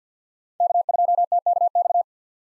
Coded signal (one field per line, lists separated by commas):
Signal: Morse code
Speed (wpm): 48 wpm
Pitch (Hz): 700 Hz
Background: none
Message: K2TKX